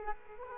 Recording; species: mosquito wingbeat signal from an infrared sensor; Culex quinquefasciatus